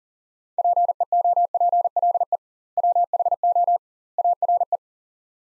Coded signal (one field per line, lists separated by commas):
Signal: Morse code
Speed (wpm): 37 wpm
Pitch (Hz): 700 Hz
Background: none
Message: PEOPLE WHO ARE